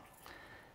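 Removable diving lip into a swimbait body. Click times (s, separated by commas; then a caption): 0.3 s. A removable plastic diving lip is pushed back into a swimbait's body with pressure from the top, closing a small gap. A short click is heard at 0.3 s as the lip seats, leaving no gaps.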